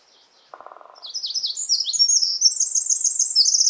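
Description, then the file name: Eurasian wren sings: after a brief low buzzy sound, a shrill, fast cascade of high trills and chattering notes builds and continues to the end. "Troglodytes troglodytes"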